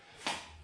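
A disengaged garage door opener release trolley is pushed back onto the carriage on the rail. A short, sharp click sounds at 0.3 s as the trolley re-engages with the carriage, and it is seated.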